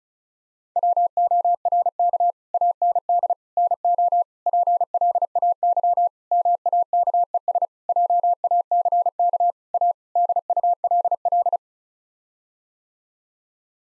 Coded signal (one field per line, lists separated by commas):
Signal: Morse code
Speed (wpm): 36 wpm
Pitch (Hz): 700 Hz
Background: none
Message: WORK AND NO PLAY MAKES JACK A DULL